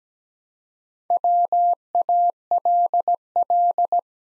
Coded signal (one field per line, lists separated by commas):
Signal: Morse code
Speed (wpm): 17 wpm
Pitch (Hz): 700 Hz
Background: none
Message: WALL